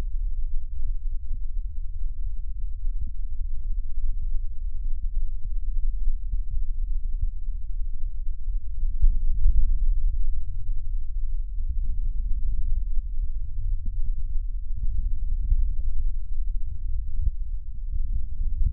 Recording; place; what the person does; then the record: lung sounds by stethoscope; left posterior basal chest; quiet breathing, then deep breathing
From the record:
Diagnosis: COPD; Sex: male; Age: 77 years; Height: 172 cm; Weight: 85.2 kg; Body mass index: 28.8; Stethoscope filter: bell mode